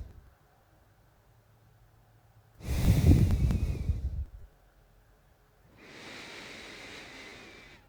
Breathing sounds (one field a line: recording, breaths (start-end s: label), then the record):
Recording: nose breathing near a microphone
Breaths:
2.44-4.29 s: exhalation
5.64-7.89 s: inhalation
From the record:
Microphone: phone